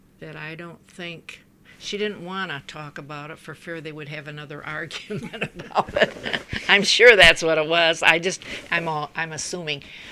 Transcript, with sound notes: that I don't think, she didn't want to talk about it for fear they would have another argument about it. ( she laughs ) I'm sure that's what it was. I just, I'm assuming.